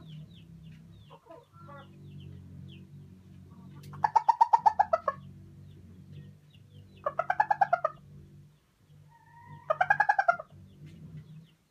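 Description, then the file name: Chicken: hen cackling: three bursts of quick, harsh, repeated clucks a few seconds apart, over a continuous low hum. Araucana hen, calling while laying an egg. "Poule araucana qui pond"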